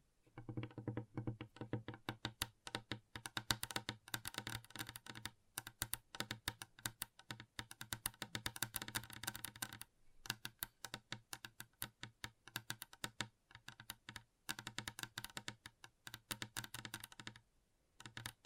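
Gentle tapping in quick, uneven bursts, like fingertips rattling over keys, with dense flurries broken by short pauses. Each tap is crisp and bright with a soft low thump underneath, and the pace stays busy and irregular throughout.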